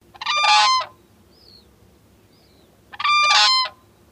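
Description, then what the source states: Whooping Crane calls: two loud, harsh, bugling notes under a second long, rich in harmonics, separated by a pause of about two seconds with faint high chirps between. Calls described as haunting.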